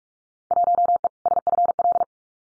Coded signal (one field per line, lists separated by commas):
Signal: Morse code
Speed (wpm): 46 wpm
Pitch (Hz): 700 Hz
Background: none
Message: 1E SFL